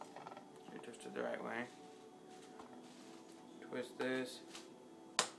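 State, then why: Seated. Someone talks while an arrow is twisted the right way in a fletching jig. At 5.2 s its nock indexes into position with one sharp, bright click, and the arrow is seated.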